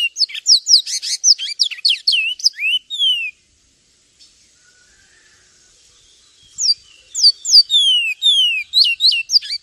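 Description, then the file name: Javan tesia delivering a dense run of piercing high chirps and falling whistles, then silence of about three seconds, then another rapid outburst. "suara burung twatwa omkicau"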